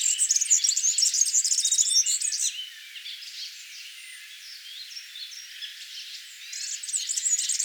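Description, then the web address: European serin song, a high, fast, glassy jingle for about two and a half seconds, then softer scattered chirps, then the rapid jingling starts again near the end. "vogelstimmen girlitz gesang nabu lars lachmann"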